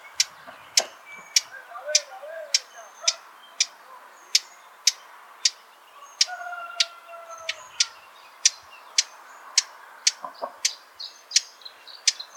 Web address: SETE data Sylvia atricapilla